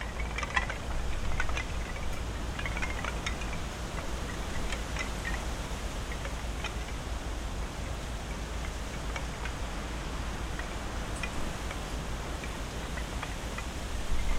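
Wind rushes steadily through high trees over a constant low rumble of traffic and aircraft. Short, bright clicks and chirps, like wooden tablets clattering and small birds calling, are scattered throughout, busiest in the first five seconds. A gust swells at the very end.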